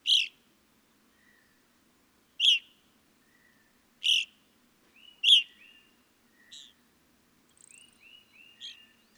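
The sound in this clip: Evening grosbeak calls: loud, abrupt, harsh chirps about every one to two seconds, with softer short whistled notes between them and a faint low hum.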